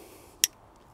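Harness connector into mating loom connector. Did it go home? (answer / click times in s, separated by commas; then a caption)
yes / 0.4 s. Two green plastic wiring-loom connectors, a SmarTOP harness connector and the mating Ferrari 458 loom connector, are pushed together until the latch engages. A single sharp, bright click sounds at 0.4 s against a quiet background. The connector is latched and seated home.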